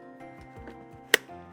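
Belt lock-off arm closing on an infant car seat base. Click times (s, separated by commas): 1.1 s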